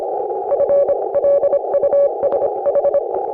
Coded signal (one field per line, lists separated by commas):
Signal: Morse code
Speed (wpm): 28 wpm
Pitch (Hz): 560 Hz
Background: none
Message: FLUSH